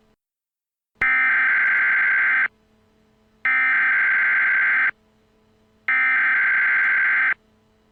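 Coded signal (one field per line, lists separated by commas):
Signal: Emergency Alert System (SAME) tones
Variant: header bursts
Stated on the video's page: Fictional EAS scenario made entirely as a joke.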